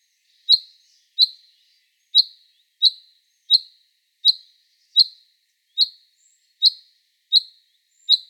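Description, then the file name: Common chaffinch repeating a single sharp high call about eleven times, somewhat unevenly spaced. "Fringilla coelebs"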